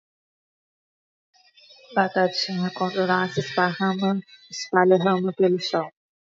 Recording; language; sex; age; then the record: short text; Brazilian Portuguese; female; 30 to 39 years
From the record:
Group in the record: control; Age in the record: 32 years